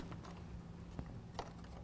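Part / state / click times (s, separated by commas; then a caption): grille LED harness connector into truck wiring harness connector / not seated / none. Someone handles the grille's LED wiring harness connectors while plugging them back into the plastic wiring harness connectors on a 2017 Ford F-150 during an RBP Midnight LED grille install. Only faint handling taps and a steady low hum are heard, with small bumps near 0.1, 1.0 and 1.4 seconds. Nothing has clicked into lock yet.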